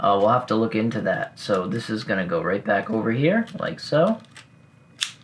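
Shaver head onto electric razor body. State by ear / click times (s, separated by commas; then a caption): seated / 5.0 s. Someone talks while fitting the shaver head cover of a Panasonic Arc 5 electric razor back onto its body. After the talking stops, a sharp, brief click sounds at 5.0 s as the head cover snaps into place, followed by a faint tick. The head cover is seated on the razor body.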